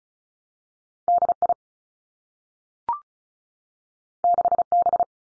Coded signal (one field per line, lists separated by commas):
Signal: Morse code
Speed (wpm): 36 wpm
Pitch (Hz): 700 Hz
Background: none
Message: D I 6 B